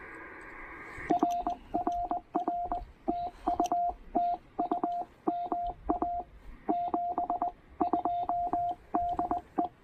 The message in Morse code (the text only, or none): RRR TU TU MA 72 DE